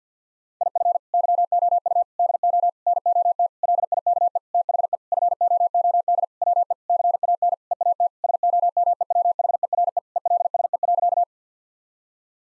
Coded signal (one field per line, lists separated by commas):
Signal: Morse code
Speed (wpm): 50 wpm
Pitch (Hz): 700 Hz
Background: none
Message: IF YOU DO NOT LIKE THE FOOD WE CAN EAT SOMEWHERE ELSE.